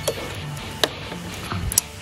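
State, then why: Seated. On a Yamaha Aerox 155, the new, longer three-wire plastic socket from the stator coil is pushed into the ECU harness connector. Several sharp hits are heard against a musical background, and the socket clicks fully into place at 1.8 seconds.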